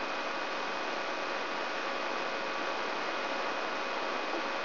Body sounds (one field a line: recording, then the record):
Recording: brain microelectrode recording played as sound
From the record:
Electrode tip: outside the subthalamic nucleus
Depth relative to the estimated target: 3.5 mm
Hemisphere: right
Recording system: AlphaMap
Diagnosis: Parkinson's disease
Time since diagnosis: 23 years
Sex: male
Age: 65 years